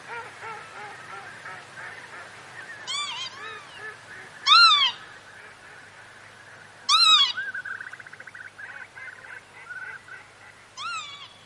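Northern lapwing calls, arched wheezy notes sounded a few seconds apart, with fainter repeated short notes between them.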